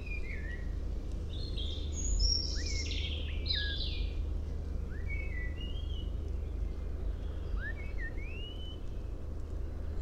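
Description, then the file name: Common blackbird with rich warbling phrases and rising whistles, a scratchy burst in the first seconds, then sparser notes over steady low-frequency noise. "Turdus merula"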